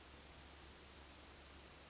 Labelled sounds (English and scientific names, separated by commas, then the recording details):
Brown Creeper (Certhia americana)
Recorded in Sonoma County, California